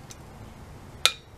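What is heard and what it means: A torque wrench on a bottom bracket tool tightens a threaded bottom bracket cup into a bicycle frame shell until the wrench clicks at its set torque of about 25 ft-lb. Apart from a faint tick at 0.1 s, it is quiet until a sharp, bright metallic click at 1.1 s that rings briefly. The cup is tight enough, at the set torque.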